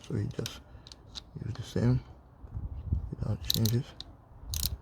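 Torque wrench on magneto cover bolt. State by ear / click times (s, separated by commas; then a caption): torque reached / 4.5 s, 4.7 s. Someone talks while a click-type torque wrench ratchets on the magneto cover bolt of an RMZ450 motocross bike, tightening it to 11 Nm. The wrench clicks at its setting at 4.5 s and 4.7 s, confirming the bolt is torqued.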